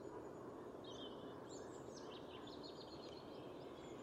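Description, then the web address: European robin singing a run of high, thin, twittering and warbling notes, quiet against a constant low-pitched background hum. "Deverinetal 2025 File origin Bird Only Er Ru"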